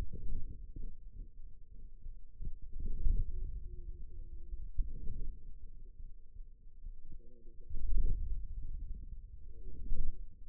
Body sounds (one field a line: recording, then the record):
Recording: forearm muscle sounds (acoustic myography)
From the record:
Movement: inward rotation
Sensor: system 2, bracelet of six BSWA MPA416 microphones around the upper forearm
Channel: 3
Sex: female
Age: 21 years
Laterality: right